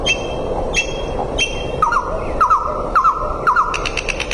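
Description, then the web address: Common nightingale song: three high whistled notes, then paired rising-falling notes repeated every half second, ending in a brief rattle, with steady hiss behind. "Sedaye Bolbol Hezar Dastan. صدای-بلبل-هزار-دستان"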